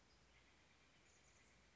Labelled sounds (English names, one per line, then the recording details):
Steller's Jay
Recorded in Sonoma County, California